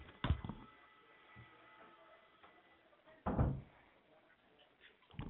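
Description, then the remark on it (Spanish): A door swings shut with a dull, solid thud, preceded by a sharper knock and soft handling noises. A quieter bump follows at the end, with no one talking. “Espera que cierro la puerta, que justo están pasando la aspiradora.”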